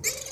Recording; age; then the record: pig call; weaner (32 to 43 days)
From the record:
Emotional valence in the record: negative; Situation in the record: long isolation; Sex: female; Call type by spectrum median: high-frequency call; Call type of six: high-frequency stable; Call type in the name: high-frequency stable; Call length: 0.32 s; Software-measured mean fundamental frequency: 655 Hz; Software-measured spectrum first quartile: 2557 Hz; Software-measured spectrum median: 5668 Hz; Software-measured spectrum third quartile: 7501 Hz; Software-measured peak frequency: 2312 Hz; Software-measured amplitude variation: 226 dB a second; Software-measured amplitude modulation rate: 14.0 a second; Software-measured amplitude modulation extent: 16.2 dB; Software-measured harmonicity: 3.0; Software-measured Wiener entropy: -2.03